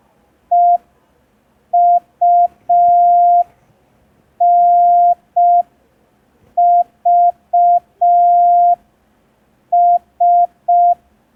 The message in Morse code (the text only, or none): EUNVS